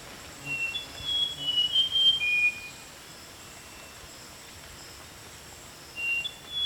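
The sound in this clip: Rusty mouse-warbler song: a two-second run of clear, thin whistled notes that step up and down before dropping lower, beginning again near the end.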